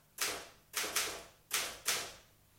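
Five crisp, sharp keystrokes on a Remington typewriter, typing a type sample, struck in an uneven rhythm, mostly in pairs, each bright clack fading quickly, with no voices.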